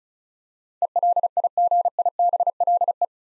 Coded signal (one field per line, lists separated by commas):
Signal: Morse code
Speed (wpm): 36 wpm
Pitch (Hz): 700 Hz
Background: none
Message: ELIGIBLE